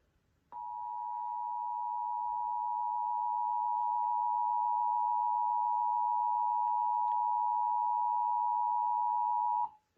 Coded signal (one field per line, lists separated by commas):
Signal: Emergency Alert System (SAME) tones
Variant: 853 and 960 Hz attention tone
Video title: [EAS #2932-#2933] Shasta County Required Monthly Test (3/20/24)